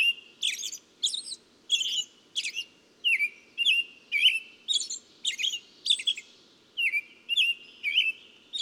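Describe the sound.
Bird singing a continuous string of sharp chirps and brief downslurred whistles, with a faint low-frequency hum throughout.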